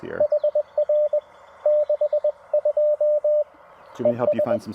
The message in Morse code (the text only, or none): HR 62 ES